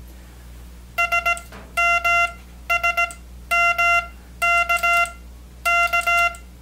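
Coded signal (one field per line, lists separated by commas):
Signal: Morse code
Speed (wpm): 18 wpm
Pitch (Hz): 1380 Hz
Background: none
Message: S M S M K K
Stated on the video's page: Morse sent from a 1960s tube-based EICO 717 electronic keyer with reed-relay keying output, demonstrated after repair, around 20 wpm.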